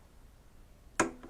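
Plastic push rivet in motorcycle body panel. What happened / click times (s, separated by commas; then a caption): The plastic fastener's centre clicked and let go / 1.0 s. The centre of a plastic push rivet in a 2018 Honda CB1000R body panel is pushed in, and the rivet releases with a sharp click at 1.0 s. A faint tick follows at 1.2 s over quiet background hiss.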